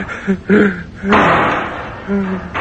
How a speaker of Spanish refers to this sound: En lo alto. Como si se hubiera abierto y cerrado una puerta.